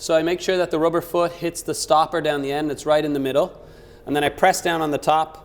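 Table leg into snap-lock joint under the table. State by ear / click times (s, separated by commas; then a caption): not seated / none. A man talks while the rubber foot of a dining table leg is set against the stopper and the top of the leg is pressed down toward the snap-lock joint under the table. Only speech and faint handling sounds are heard. Nothing has seated or clicked yet.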